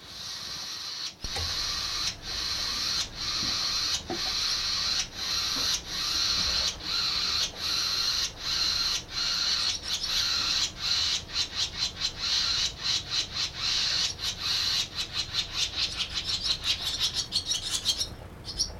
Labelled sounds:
Barn Swallow call
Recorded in the wild
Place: Blumenholz, Mecklenburg-Vorpommern, DE
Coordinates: 53.454, 13.19
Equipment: Nagra III BH, Sennheiser MD 21
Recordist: Schubert, Michael

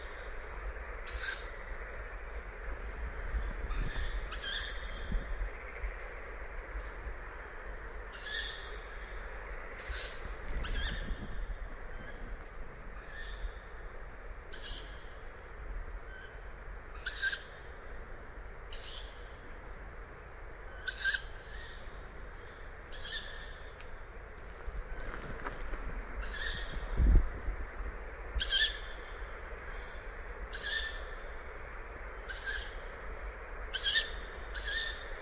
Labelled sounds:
Tawny Owl call
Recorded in the wild
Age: juvenile
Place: Kützerhof, Kummerower See, Mecklenburg-Vorpommern, DE
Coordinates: 53.8719, 12.8372
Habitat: forest
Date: 2010-06-24
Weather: 13°C, windstill
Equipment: Sound Devices 702, Sennheiser MKH 70, Rycote Windschutz
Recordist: Frommolt, Karl-Heinz
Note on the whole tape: Wald zwischen Kützerhof und Dargun: Rufe von Waldkauzästlingen. Offensichtlich zwei Familen. Sehr gute Aufnahmequalität. Entfernung minimal ca. 10 m

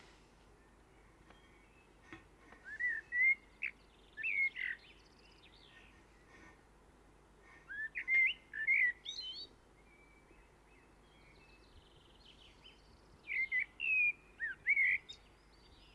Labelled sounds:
Common Blackbird song
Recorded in the wild
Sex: male
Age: adult
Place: Garmisch-Partenkirchen, Bayern, DE
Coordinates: 47.4856, 11.1464
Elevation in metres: 936
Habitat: mountains
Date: 1973-04-27
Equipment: Nagra IV
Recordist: Tretzel, Erwin

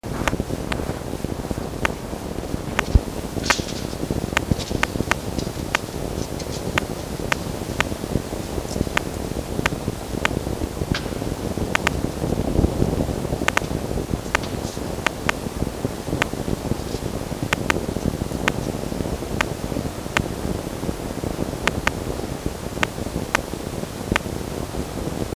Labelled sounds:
Red Fox
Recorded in captivity
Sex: female
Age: adult
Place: Zoologisches Institut der HUB, Berlin, DE
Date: 1954-05-17 17:30
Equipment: Elmetra
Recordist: Tembrock, Günter
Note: Fiffi: Muffen (ohne Fleisch). Starke Störungen durch Störimpulse

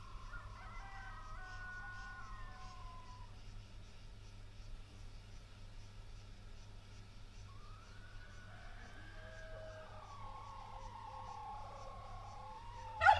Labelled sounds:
Wild Turkey call
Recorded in captivity
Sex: male
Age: adult
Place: Vasilikos, Zakynthos, Ionien Islands, GR
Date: 2012-07-04
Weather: 25°C, sunny, almost windless
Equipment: Sound Devices 702, Sennheiser MKH 415 T, Rhode Windschutz
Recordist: Frommolt, Karl-Heinz

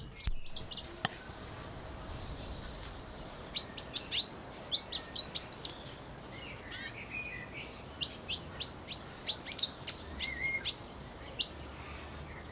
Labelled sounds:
Pin-tailed Whydah
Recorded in captivity
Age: adult
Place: Zoo Berlin, Berlin, DE
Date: 1992-05-09 11:51
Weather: wolkig, 11-14°C
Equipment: Nagra SN, Mikrofon AKG CK 8, Kopie Tesla B 116
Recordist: Tembrock, Günter

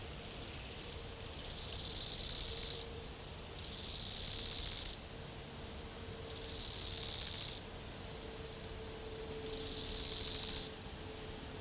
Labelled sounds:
Bow-winged Grasshopper stridulation
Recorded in the wild
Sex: male
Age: imago
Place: Treuchtlingen, Naturpark Altmühltal, Bayern, DE
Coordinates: 48.96, 10.91
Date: 1993-09-16 14:27
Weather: 17°C, bedeckt, böig, z. T. Regen
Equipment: Marantz CP 430, Sennheiser MKH 416 T, Kopie Uher Variocord 263
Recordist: Tembrock, Günter

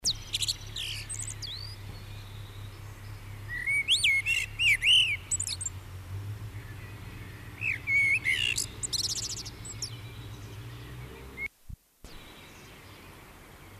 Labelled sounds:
Common Blackbird song
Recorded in the wild
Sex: male
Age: adult
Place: Garmisch-Partenkirchen, Bayern, DE
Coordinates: 47.4914, 11.0781
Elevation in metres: 703
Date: 1968-04-20
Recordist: Tretzel, Erwin

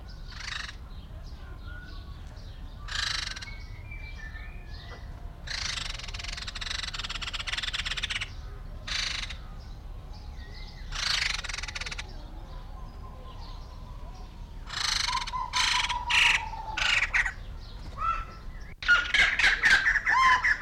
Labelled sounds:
Black-legged Seriema call
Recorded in captivity
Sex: pair
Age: adult
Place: Zoo Berlin, Berlin, DE
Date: 1994-05-28 11:43
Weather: bedeckt, 12-15°C
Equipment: Marantz CP 430, Sennheiser ME 80, Kopie Uher Variocord 263
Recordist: Tembrock, Günter

